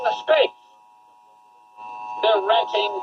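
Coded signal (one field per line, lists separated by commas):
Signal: Emergency Alert System (SAME) tones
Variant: 853 and 960 Hz attention tone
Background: speech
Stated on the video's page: Required Monthly Test for Ohio received over NOAA Weather Radio, followed by a synthesized voice instead of a pre-recorded one.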